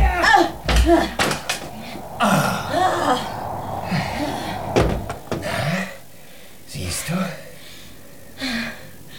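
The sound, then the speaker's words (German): A stuck door is pulled at the bottom and pushed at the top, giving several sharp knocks and rattling thumps at uneven intervals, mixed with strained grunts, gasps and brief voices. “Unten ziehen und oben dagegen drücken.”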